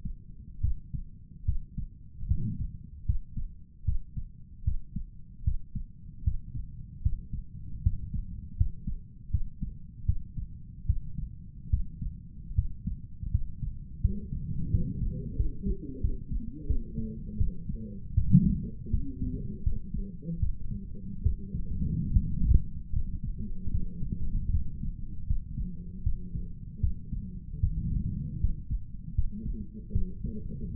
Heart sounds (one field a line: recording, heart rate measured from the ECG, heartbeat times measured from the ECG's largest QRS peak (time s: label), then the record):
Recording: heart sounds by stethoscope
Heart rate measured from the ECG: 78 bpm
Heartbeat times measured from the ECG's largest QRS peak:
0.60 s: heartbeat
1.45 s: heartbeat
2.27 s: heartbeat
3.05 s: heartbeat
3.84 s: heartbeat
4.63 s: heartbeat
5.43 s: heartbeat
6.23 s: heartbeat
7.02 s: heartbeat
7.82 s: heartbeat
8.56 s: heartbeat
9.30 s: heartbeat
10.05 s: heartbeat
10.86 s: heartbeat
11.69 s: heartbeat
12.54 s: heartbeat
13.30 s: heartbeat
14.00 s: heartbeat
14.70 s: heartbeat
15.36 s: heartbeat
16.00 s: heartbeat
16.66 s: heartbeat
17.37 s: heartbeat
18.14 s: heartbeat
18.90 s: heartbeat
19.63 s: heartbeat
20.39 s: heartbeat
21.22 s: heartbeat
22.12 s: heartbeat
22.92 s: heartbeat
23.70 s: heartbeat
24.50 s: heartbeat
25.26 s: heartbeat
26.03 s: heartbeat
26.80 s: heartbeat
27.59 s: heartbeat
28.40 s: heartbeat
29.14 s: heartbeat
29.92 s: heartbeat
30.75 s: heartbeat
From the record:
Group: healthy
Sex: male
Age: 35 years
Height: 178 cm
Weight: 64 kg